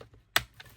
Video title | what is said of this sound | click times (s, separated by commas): Parkside Floor & Wall Sander 😃 & LIDL Cheap DIY Decorating Tools 👌 | then push forward and then lock in. | 0.4 s